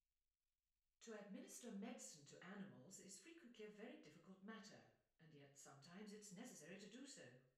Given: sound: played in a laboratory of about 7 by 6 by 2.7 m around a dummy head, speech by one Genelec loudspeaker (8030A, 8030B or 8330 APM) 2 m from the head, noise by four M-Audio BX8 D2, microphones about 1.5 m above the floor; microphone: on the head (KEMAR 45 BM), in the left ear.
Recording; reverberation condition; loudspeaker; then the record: female speech in English; medium; 90 degrees to the right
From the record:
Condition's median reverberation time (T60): about 510 ms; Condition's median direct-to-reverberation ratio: about -0.5 dB